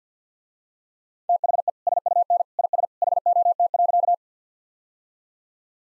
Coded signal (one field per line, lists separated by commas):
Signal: Morse code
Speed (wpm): 50 wpm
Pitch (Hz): 700 Hz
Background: none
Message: THE SUN IS HOT.